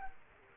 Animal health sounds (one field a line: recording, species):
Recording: mosquito wingbeat signal from an infrared sensor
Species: Culex quinquefasciatus